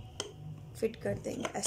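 A part with ring force grips is pressed onto its mating mount, and a single sharp click at 0.2 s shows it has seated in place. Someone talks as it is fitted.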